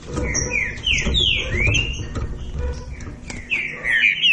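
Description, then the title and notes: Green-winged saltator song: sweeping whistled notes arching up and down in a fast sequence, partly masked by low rumbling background noise. Classic song style (canto clássico) used as a training recording. "Canto Clássico Trinca Ferro TREINAMENTO. trinca fero"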